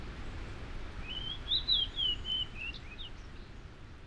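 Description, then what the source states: Fox sparrow sings a single melodious phrase of whistled, warbling notes that climb and then drop, set against a constant hissing background. Migrating male singing loudly from shrubs at a yard edge on an early April morning, cold and windy; on his way north, probably to breed in northern Canadian woods.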